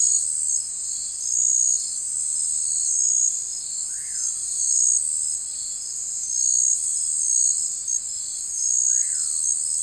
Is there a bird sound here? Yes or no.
yes